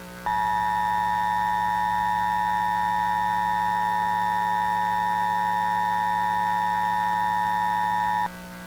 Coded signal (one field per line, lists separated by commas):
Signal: Emergency Alert System (SAME) tones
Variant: 853 and 960 Hz attention tone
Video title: EAS Scenario - Escalation (18)